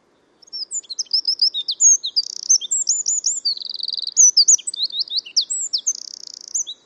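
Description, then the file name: Eurasian wren song: a loud, rapid, high outpouring of sharp chips, slurred notes and buzzy trills lasting over six seconds, with no other clear sounds. "Troglodytes troglodytes"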